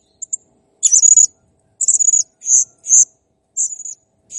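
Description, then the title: Blue-crowned hanging parrot giving very high, thin, buzzy squeaks and short chirps in brief bursts every half second to a second, with quiet gaps between. Master recording intended for training cage birds; the bird is singing actively, in a clear recording. "Masteran Burung Serindit Ll Masteran Serindit Gacor Jernih"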